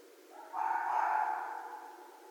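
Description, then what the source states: Red fox scream, a single drawn-out harsh wail lasting about a second and a half, starting abruptly then slowly fading. Recorded 2 January 2012.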